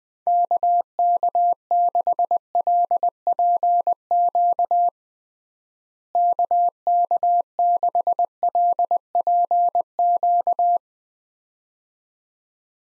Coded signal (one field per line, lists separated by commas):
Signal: Morse code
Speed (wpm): 20 wpm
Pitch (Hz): 700 Hz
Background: none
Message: KK6LPQ KK6LPQ